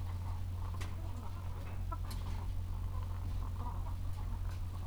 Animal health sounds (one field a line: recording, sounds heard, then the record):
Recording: poultry house recording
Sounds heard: sick chickens (respiratory disease)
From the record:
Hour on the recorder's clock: 13